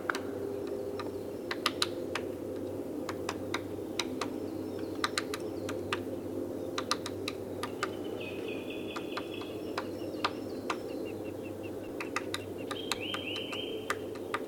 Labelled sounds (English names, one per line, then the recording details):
Great Spotted Woodpecker drumming
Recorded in the wild
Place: Gingst, Insel Rügen, Mecklenburg-Vorpommern, DE
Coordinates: 54.456, 13.311
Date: 1978-04-19
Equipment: Nagra III BH, Sennheiser MD 21, parabola
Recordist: Schubert, Michael
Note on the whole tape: Klopfender Buntspecht